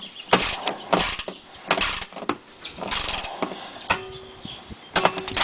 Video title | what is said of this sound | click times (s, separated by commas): DIY Oil Change for 2011- Present Ford Mustang GT | you go the little click indicates that I have reached the torque specification and | 5.0 s, 5.1 s